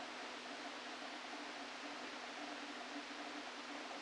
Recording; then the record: brain microelectrode recording played as sound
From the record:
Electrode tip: outside the subthalamic nucleus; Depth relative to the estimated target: 2 mm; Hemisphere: left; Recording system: NeuroSet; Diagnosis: Parkinson's disease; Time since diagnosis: 13 years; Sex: male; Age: 49 years